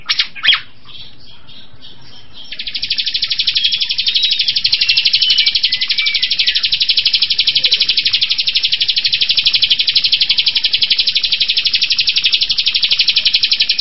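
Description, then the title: Bird song beginning with a few sharp notes, then a long, steady, very rapid high trill that runs to the end without a break. "SuaraBurung Kicau"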